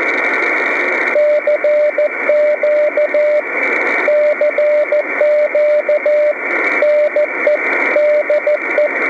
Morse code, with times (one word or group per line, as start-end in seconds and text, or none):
1.2-3.4 CQ
4.1-6.3 CQ
6.8-7.6 NE
8.0-8.9 DE